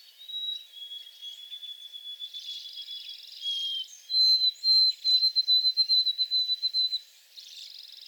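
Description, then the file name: White-throated sparrow whistling a long clear note that drops a little, then a steady series of quick, evenly repeated higher whistles; other birds twitter softly. Recorded 28 April 2022 in shrubs at the back. "2022-04-28 White-throated Sparrow in back shrubs"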